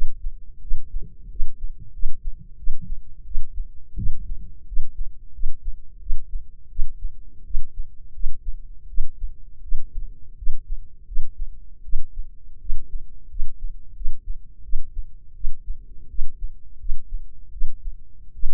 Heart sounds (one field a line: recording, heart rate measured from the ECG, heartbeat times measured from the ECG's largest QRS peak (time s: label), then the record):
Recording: heart sounds by microphone in the left ear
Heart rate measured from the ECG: 85 bpm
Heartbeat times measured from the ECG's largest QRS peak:
0.61 s: heartbeat
1.29 s: heartbeat
1.92 s: heartbeat
2.57 s: heartbeat
3.24 s: heartbeat
3.96 s: heartbeat
4.65 s: heartbeat
5.32 s: heartbeat
5.99 s: heartbeat
6.69 s: heartbeat
7.44 s: heartbeat
8.12 s: heartbeat
8.87 s: heartbeat
9.61 s: heartbeat
10.36 s: heartbeat
11.05 s: heartbeat
11.82 s: heartbeat
12.59 s: heartbeat
13.28 s: heartbeat
13.94 s: heartbeat
14.62 s: heartbeat
15.34 s: heartbeat
16.08 s: heartbeat
16.78 s: heartbeat
17.51 s: heartbeat
18.33 s: heartbeat
From the record:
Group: healthy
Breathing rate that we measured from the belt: 20 breaths a minute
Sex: female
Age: 22 years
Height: 157 cm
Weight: 47.6 kg